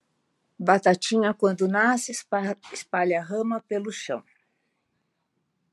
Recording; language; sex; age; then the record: short text; Brazilian Portuguese; female; 70 to 79 years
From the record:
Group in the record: control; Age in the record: 78 years